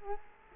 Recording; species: mosquito wingbeat signal from an infrared sensor; Culex quinquefasciatus